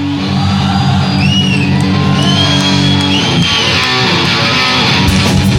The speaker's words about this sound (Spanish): Un aplauso más de los muchos que la habéis dado ya hoy esta noche, que se ha merecido.